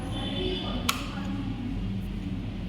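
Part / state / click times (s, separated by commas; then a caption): side cover latch on a motorcycle body / seated / 0.9 s. A side cover latch on the body of a Jawa Perak / 42 Bobber motorcycle is pushed shut over a steady low background hum. A single sharp click-hit lands at 0.9 s as the side cover locks closed.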